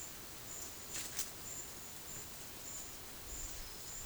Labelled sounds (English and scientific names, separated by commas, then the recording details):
none
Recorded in dense forest near Puerto Asís, Putumayo, Colombia, on 18 February 2024 at 12:30
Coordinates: 0.505, -76.324
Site G6467